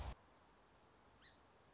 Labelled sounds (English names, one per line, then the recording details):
Song Sparrow
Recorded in Sonoma County, California